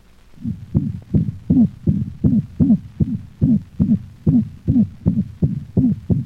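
Dog heart by stethoscope: a musical systolic murmur (systolic whoop) that varies in frequency and may alternate with the more common mixed holosystolic murmur of mitral insufficiency.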